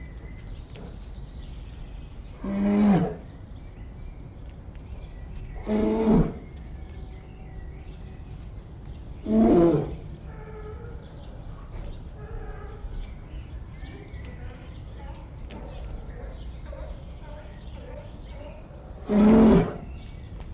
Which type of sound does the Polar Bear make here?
call